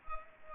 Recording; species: mosquito wingbeat signal from an infrared sensor; Culex pipiens